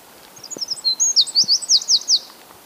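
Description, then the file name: Eurasian wren producing a high, rapid sequence of thin chirps building into loud, evenly spaced downslurred notes, all in under two seconds. "Troglodytes troglodytes"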